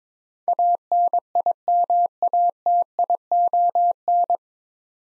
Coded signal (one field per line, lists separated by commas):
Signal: Morse code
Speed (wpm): 22 wpm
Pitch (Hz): 700 Hz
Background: none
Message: ANIMATION